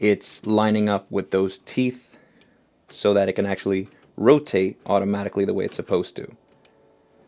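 Someone talks while a metal expansion head, loose by design, is threaded onto a DeWalt XR brushless PEX expander (DCE410) and lined up with the drive teeth so it can rotate automatically. A faint tick is heard near 6.7 s, but the head has not snapped into place or seated by the end of the clip.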